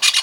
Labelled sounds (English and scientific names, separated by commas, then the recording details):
Brown-throated Parakeet (Eupsittula pertinax) contact call
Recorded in Venezuela
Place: Guárico; Corozopando; Fundo La Fe
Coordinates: 8.506, -67.593